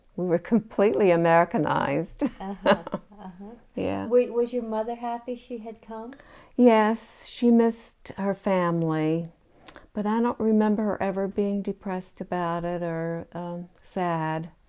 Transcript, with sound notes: We were completely Americanized. (they laugh) Yeah.
Was your mother happy she had come?
Yes. She missed her family, but I don't remember her ever being depressed about it or sad.